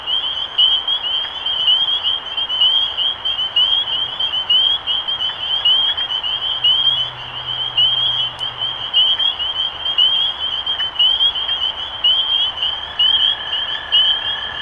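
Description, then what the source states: Massed spring peepers, piercing upslurred peeps tumbling over one another nonstop, a faint low hum partway through and a lower steady tone near the end. Recorded 23 March 2012.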